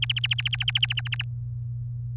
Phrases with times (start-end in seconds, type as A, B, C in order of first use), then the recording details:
0.02-1.22 A. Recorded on 24 April 2018 at 06:06. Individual llb3